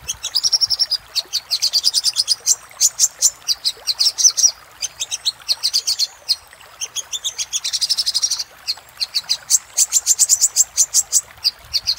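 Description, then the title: Little spiderhunter song: repeated series of sharp high notes in bursts of varying speed, separated by short pauses. Master song for training cage birds. "Masteran Burung Sogok Ontong Labaik"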